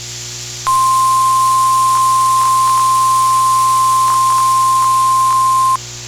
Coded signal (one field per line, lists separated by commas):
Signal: Emergency Alert System (SAME) tones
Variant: 1050 Hz attention tone